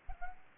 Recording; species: mosquito wingbeat signal from an infrared sensor; Aedes aegypti